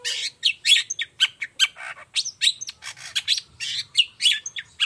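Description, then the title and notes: Long-tailed shrike song: a rapid, busy run of high chirps, sharp whistles and scratchy notes, tumbling almost without pause. Morning singing; song with 'toet toet' variation, described as clear-voiced, fully varied and easy for any long-tailed shrike to imitate. "Cendet Gacor Dor Di Kala Pagi Toet Toet Variasi Suara. Cendet Gacor Suara Jernih Full Variasi Sangat Mudah Di Tiru Cendet Jenis Apapun. Burung cendet"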